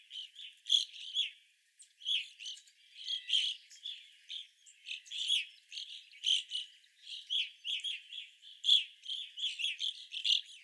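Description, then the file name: Evening grosbeak calls, dense flock chatter of sharp chirps, nearly nonstop with a short lull early on. Evening grosbeaks, several birds, recorded 25 April 2021. "2021-04-25 Evening Grosbeaks"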